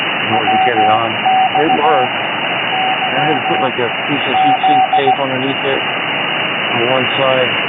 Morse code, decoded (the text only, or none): W X Y Z